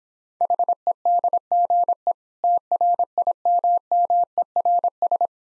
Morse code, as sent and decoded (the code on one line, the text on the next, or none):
.... . -.. --. . / - .-. .. -- -- . .-. ...
HEDGE TRIMMERS